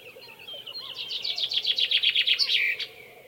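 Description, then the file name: Common chaffinch singing a fast series of sharp notes that accelerates into a dense trill and finishes with a brief dropping flourish. "Fringilla coelebs"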